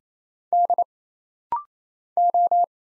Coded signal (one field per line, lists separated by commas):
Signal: Morse code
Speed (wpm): 27 wpm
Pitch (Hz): 700 Hz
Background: none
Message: D O